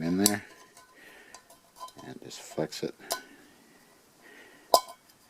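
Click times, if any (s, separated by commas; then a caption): 4.7 s. A wire folding handle is flexed and pushed into its mount on a small metal backpacking pot while someone talks, with soft metallic clinks and handling noises. At 4.7 s a single sharp metallic hit sounds as the handle pops into place and seats.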